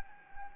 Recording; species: mosquito wingbeat signal from an infrared sensor; Anopheles gambiae